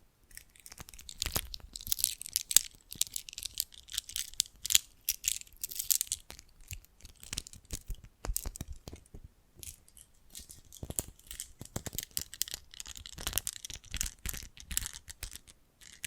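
Jewelry and bracelets being handled, with dense, irregular bursts of bright clicking, crinkling and rattling throughout. The clatter swells and thins in uneven clusters, with brief lulls near seconds 9 and 11, and occasional low thumps as items are set down.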